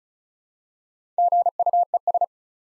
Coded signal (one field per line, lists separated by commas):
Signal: Morse code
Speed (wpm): 36 wpm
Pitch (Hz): 700 Hz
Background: none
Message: GUES